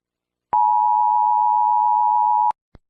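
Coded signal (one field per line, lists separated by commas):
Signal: Emergency Alert System (SAME) tones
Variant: 853 and 960 Hz attention tone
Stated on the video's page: Made-up alert scenario, not a real broadcast.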